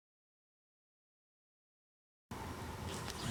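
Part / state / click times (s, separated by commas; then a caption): headlight motor part into the headlight motor assembly of a car / seated / 3.1 s. On a 1998 C5, a headlight motor part is refitted into the car's headlight motor assembly by turning the manual knob slightly. The clip is silent until about 2.3 s, then steady low noise, with one soft hit at 3.1 s as the part snaps into place and seats.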